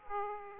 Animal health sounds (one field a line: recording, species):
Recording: mosquito wingbeat signal from an infrared sensor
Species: Aedes aegypti